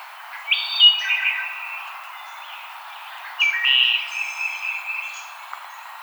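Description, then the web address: Wood thrush singing two flute-like phrases about three seconds apart, each ending in higher, thinner notes. Recorded on 5 May 2007. "Wood Thrush 2007 05 05 Wood Thrush"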